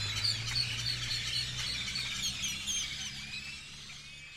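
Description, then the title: Birds chatter and whistle in a crowded chorus that fades toward the end, with a steady low droning hum underneath. Birds over the seafront (malecón) before dawn in Campeche, Mexico; recorded on a TASCAM DR-100 mkII with a RODE NTG-2 shotgun microphone and deadcat windshield. "Campeche, México - Aves sobre malecón en madrugada"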